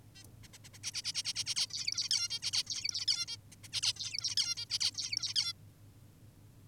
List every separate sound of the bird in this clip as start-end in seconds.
0.16-0.24, 0.43-0.48, 0.54-0.58, 0.64-0.69, 0.73-0.78, 0.84-0.92, 0.94-1.02, 1.04-1.13, 1.14-1.23, 1.25-1.33, 1.36-1.44, 1.46-1.55, 1.56-1.67, 1.70-2.09, 2.11-2.28, 2.30-2.40, 2.42-2.51, 2.53-2.64, 2.67-3.05, 3.08-3.26, 3.28-3.37, 3.52-3.56, 3.64-3.68, 3.73-3.81, 3.83-3.93, 3.96-4.35, 4.37-4.55, 4.57-4.66, 4.70-4.79, 4.80-4.91, 4.94-5.34, 5.36-5.53